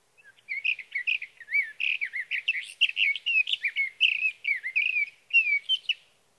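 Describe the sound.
Sage thrasher song: a long, rapid, run-on warble of varied whistled and slurred phrases on a quiet background.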